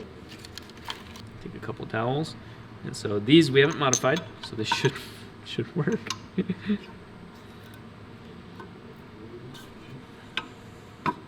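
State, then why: Seated. Two unmodified dowel pins are pushed into a rotary engine housing to join the parts, with someone talking early on and a few light clinks. Two sharp knocks at 10.4 s and 11.1 s mark both dowels seating and locking into place.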